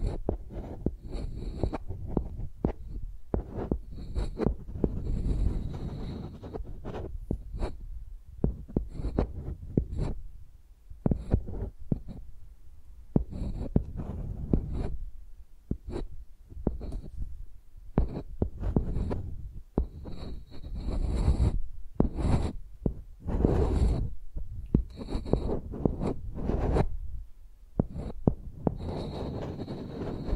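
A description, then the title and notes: A microphone is dragged and tapped like a pencil, making irregular rubbing strokes and dull low thumps that come every second or so throughout. Bursts of scratchy hiss flare with the strokes, busiest near the start and again around the twenty-second mark. Using Mics as Pencils (No Talking).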